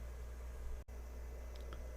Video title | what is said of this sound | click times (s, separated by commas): Bocote Box with a Hidden Compartment - Part One #woodturning #woodworking #exoticwood #box | For five years, the little teeth inside my tool rest post locked down, stripped out, and I couldn't get them back on there. | 1.6 s, 1.7 s